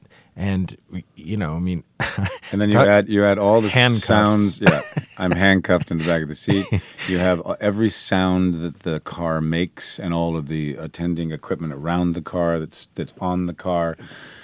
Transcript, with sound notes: And, you know, I mean...
And then you add all the sounds.
...handcuffs.
(LAUGHTER)
Yeah. I'm handcuffed in the back of the seat. You have every sound that the car makes and all of the attending equipment around the car that's on the car.